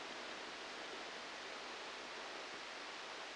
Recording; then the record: brain microelectrode recording played as sound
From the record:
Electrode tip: outside the subthalamic nucleus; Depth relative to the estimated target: 3 mm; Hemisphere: left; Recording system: NeuroSet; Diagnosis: Parkinson's disease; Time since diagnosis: 8 years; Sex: male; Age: 37 years